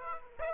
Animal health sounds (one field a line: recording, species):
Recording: mosquito wingbeat signal from an infrared sensor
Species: Aedes aegypti